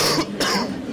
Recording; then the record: coughing mixed with background sound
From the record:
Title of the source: Coughing 60